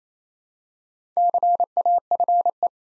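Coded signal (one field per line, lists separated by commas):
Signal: Morse code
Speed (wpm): 29 wpm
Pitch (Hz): 700 Hz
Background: none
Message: CAFE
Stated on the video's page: Morse code practice building four-letter words two letters at a time at 28 wpm, for beginners working on instant character recognition.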